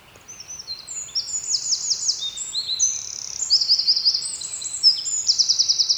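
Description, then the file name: Eurasian wren singing a loud, very high, energetic stream of trills and chattering notes, beginning softly and ending with a quick buzzy rattle. "Troglodytes troglodytes"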